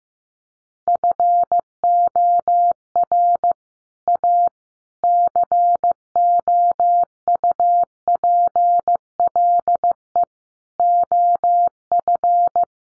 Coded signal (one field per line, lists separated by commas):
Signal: Morse code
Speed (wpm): 15 wpm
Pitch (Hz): 700 Hz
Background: none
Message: FOR A COUPLE OF